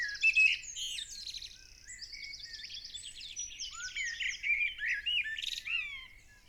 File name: Turdus merula